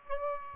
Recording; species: mosquito wingbeat signal from an infrared sensor; Aedes aegypti